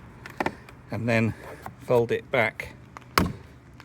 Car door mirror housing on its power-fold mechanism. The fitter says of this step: mirror and fold it all the way back that way and you'll hear a click